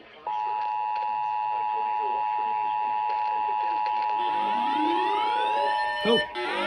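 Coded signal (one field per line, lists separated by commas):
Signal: Emergency Alert System (SAME) tones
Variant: 853 and 960 Hz attention tone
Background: speech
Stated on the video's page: Severe thunderstorm warning alerts recorded off the air from NOAA weather radio, AM, FM and TV stations around Fort Worth, TX.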